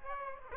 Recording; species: mosquito wingbeat signal from an infrared sensor; Aedes aegypti